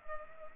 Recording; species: mosquito wingbeat signal from an infrared sensor; Culex pipiens